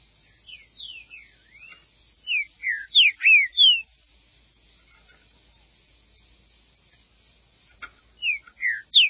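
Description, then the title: Green-winged saltator song: an opening series of downslurred whistles building to loud notes, a long pause, then the phrase starting again. "Trinca Ferro"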